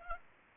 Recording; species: mosquito wingbeat signal from an infrared sensor; Aedes aegypti